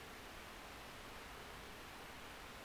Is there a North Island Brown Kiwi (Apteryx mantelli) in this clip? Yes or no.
no